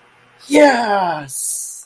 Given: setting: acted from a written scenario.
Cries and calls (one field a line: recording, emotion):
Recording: vocal sound without words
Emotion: triumph